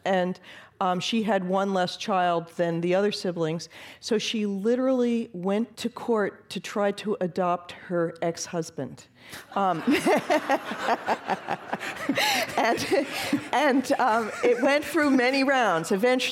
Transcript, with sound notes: And she had one less child than the other siblings so she literally went to court to try to adopt her ex-husband.
[Laughter]
And it went through many rounds,